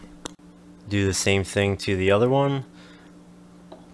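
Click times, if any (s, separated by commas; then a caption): 0.3 s. A metal heat sink retention clip, pushed with a tool back over its motherboard hook on an Original Xbox game console, snaps on with one sharp tick at 0.3 s, holding the heat sink down on the freshly pasted chip. Someone then talks, and a faint tick follows near 3.7 s. The clip is seated.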